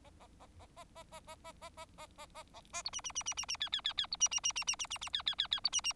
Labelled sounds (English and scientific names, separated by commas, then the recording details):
Bengalese Finch (Lonchura striata domestica) song
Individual Bird4